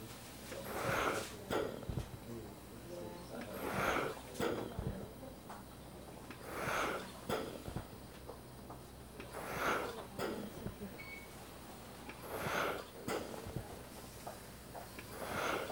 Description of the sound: Hospitals. Ventilator at machine end.